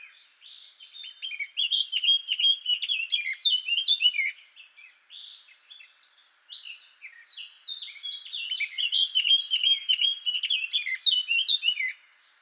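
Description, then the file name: Eurasian blackcap warbling in two long, jumbled bursts of mixed whistled and scratchy notes, separated by a quieter stretch. "Sylvia atricapilla"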